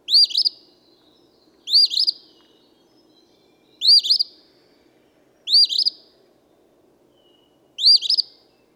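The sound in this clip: Eastern phoebe repeating a sharp, raspy 'fee-bee' five times at slightly irregular intervals of about two seconds.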